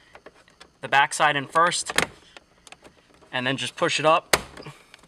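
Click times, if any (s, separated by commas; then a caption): none. Someone talks while the plastic lens of an interior LED dome light in a Golf 5 is put back toward its roof housing, rear tabs going in first before it is pushed up. Faint, sharp plastic ticks and handling noises are heard between the words. Nothing has seated or clicked yet; the lens is not yet home.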